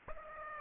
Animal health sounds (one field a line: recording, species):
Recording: mosquito wingbeat signal from an infrared sensor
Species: Aedes aegypti